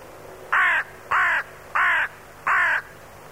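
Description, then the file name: Crow cawing, four harsh, hoarse caws evenly spaced about every half second to second, with quiet background between calls. "vrana"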